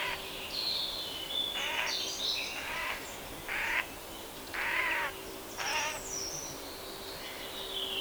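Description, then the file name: Eurasian jay calling with several harsh, noisy rasps in a series. "Garrulus glandarius"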